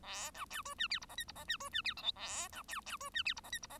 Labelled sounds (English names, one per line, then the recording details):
Bengalese Finch song
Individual Bird1